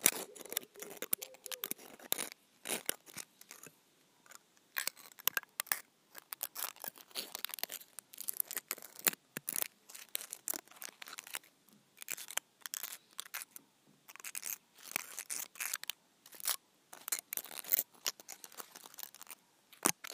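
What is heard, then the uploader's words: Scrunched-up foil is rubbed between hands, a dense run of bright crinkles and crackles in irregular bursts with brief pauses. Various ASMR triggers with foil. Rubbing scrunched-up foil in my hands.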